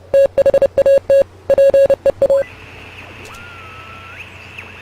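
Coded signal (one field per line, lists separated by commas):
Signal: Morse code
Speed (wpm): 30 wpm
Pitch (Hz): 550 Hz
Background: none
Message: THAT PEA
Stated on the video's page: Morse heard in the adventure game Oxenfree.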